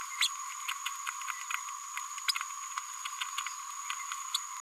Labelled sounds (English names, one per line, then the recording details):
Green-rumped Parrotlet babbling
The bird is a male
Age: 32 days
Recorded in a nest box in Venezuela
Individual 17B102A4